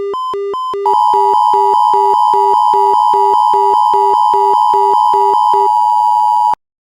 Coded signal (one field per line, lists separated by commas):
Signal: Emergency Alert System (SAME) tones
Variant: 853 and 960 Hz attention tone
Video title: Horrorlings Part 1: Origin (Halloween EAS Scenario)